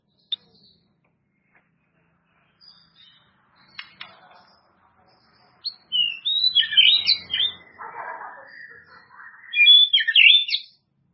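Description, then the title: White-rumped shama song: a quiet start with a few soft notes, then loud tumbling whistled and scratchy phrases in two bursts. "murai batu"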